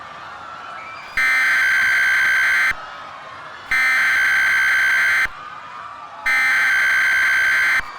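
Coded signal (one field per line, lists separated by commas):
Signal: Emergency Alert System (SAME) tones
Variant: header bursts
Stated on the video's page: Fictional EAS scenario.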